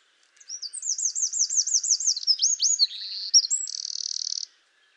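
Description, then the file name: Eurasian wren song: a loud, very high, fast run of repeated notes that shifts into a dry, rattling trill, lasting about four seconds. "Troglodytes troglodytes"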